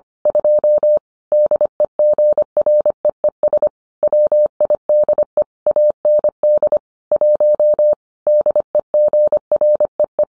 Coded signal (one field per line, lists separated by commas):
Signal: Morse code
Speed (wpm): 25 wpm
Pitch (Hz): 600 Hz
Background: none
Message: 2 DEGREES WIDE AND 1 DEGREE